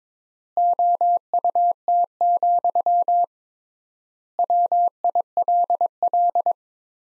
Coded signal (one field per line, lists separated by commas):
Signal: Morse code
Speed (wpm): 21 wpm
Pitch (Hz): 700 Hz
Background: none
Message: OUT, WILL